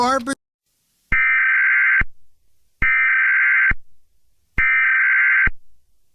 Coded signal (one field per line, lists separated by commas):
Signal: Emergency Alert System (SAME) tones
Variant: header bursts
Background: speech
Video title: EAS Scenario #1: Hammer Bro Military